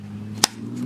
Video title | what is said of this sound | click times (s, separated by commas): Gerber Strongarm Review | it won't just fall out of there, you got to pull it out, and it basically snaps in. You can hear it snap | 0.4 s